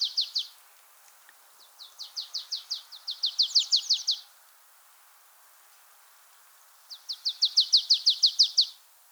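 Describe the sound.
Marsh tit giving quick runs of sharp, high notes, each run lasting up to about two and a half seconds, separated by pauses, and growing louder within the run.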